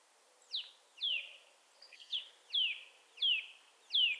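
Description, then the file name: Eurasian nuthatch calling: six loud, sharp, downward-sliding notes, clean and dominant. "Sitta europaea"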